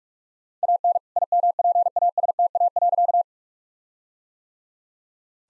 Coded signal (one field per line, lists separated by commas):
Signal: Morse code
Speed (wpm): 41 wpm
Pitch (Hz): 700 Hz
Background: none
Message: AN IMPASTA.